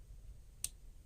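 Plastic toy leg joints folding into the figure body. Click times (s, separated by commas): 0.6 s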